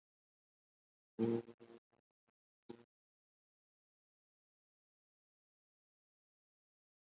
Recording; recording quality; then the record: sustained vowel as in boot; moderate, slight background noise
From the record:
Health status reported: COVID-19 positive, mild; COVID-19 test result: positive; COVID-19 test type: RT-PCR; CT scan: not taken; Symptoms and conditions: fatigue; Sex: male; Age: 34 years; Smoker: no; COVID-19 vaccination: both doses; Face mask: worn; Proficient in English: yes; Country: India